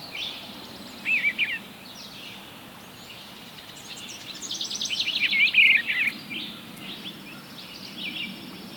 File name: eastern bluebird